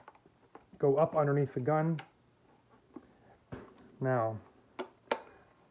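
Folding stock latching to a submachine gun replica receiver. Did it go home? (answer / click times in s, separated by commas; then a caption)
yes / 5.1 s. Someone talks while the metal folding stock of an ATI/GSG MP40 submachine gun replica with MFI upgrades is pushed up underneath the gun, with a few faint ticks and knocks along the way. At 5.1 s it latches to the receiver with a sharp, loud click and locks in place.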